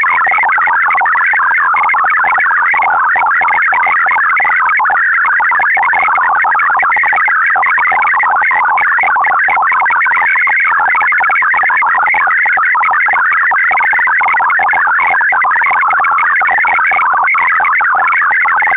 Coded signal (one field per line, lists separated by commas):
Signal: multi-tone FSK (Olivia or MFSK type)